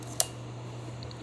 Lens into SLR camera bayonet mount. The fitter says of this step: Line those up, drop the lens in, and rotate it counterclockwise until it clicks.